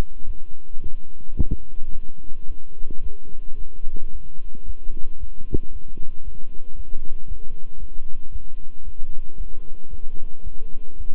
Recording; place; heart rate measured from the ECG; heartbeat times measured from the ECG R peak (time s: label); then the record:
heart sounds by stethoscope; between the tricuspid and mitral areas; 112 bpm
0.25 s: heartbeat
0.81 s: heartbeat
1.37 s: heartbeat
1.91 s: heartbeat
2.46 s: heartbeat
3.01 s: heartbeat
3.56 s: heartbeat
4.11 s: heartbeat
4.65 s: heartbeat
5.18 s: heartbeat
5.71 s: heartbeat
6.23 s: heartbeat
6.75 s: heartbeat
7.26 s: heartbeat
7.78 s: heartbeat
8.30 s: heartbeat
8.83 s: heartbeat
9.36 s: heartbeat
9.89 s: heartbeat
10.42 s: heartbeat
10.96 s: heartbeat
From the record:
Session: walking at 3.7 km/h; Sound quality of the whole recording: good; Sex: male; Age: 26 years